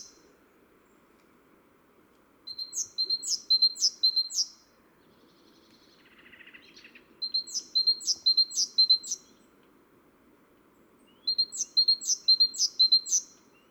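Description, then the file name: Great tit calling in three evenly spaced bursts of sharp high phrases with falling notes; a brief lower, noisy sound falls between the first two bursts. "Parus major"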